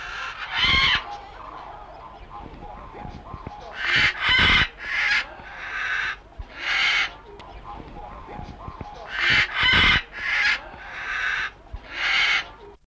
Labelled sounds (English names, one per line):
Tanimbar Corella call